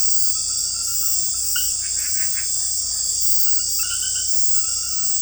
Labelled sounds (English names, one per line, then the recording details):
none
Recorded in dense forest near Puerto Asís, Putumayo, Colombia, on 20 February 2024 at 01:00
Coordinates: 0.487, -76.319
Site G6403